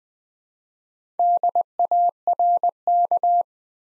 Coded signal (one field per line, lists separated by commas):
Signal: Morse code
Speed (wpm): 20 wpm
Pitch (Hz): 700 Hz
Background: none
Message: DARK